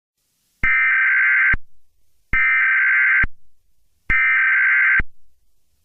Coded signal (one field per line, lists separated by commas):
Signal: Emergency Alert System (SAME) tones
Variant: header bursts